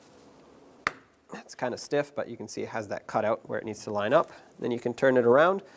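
A part of the front interior door handle assembly on a 1997–2003 Ford F-150 truck door is pressed down into place and seats with a sharp, very loud snap at 0.9 s. Afterward, someone talks.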